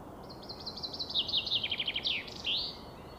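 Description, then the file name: Common chaffinch singing one full phrase, a rattling series of sweet notes dropping in pitch, closing with an upward-sweeping flourish. "Fringilla coelebs"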